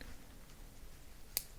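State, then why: Seated. A smartwatch band connector is pushed with a fingernail through the locking mechanism of the watch case slot after an earlier failed attempt. Over a quiet background, a single sharp, bright click sounds at 1.4 s. The band connector clicks home and is seated.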